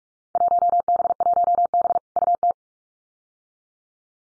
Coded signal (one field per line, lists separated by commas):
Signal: Morse code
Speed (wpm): 44 wpm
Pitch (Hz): 700 Hz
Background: none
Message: 1B1B UT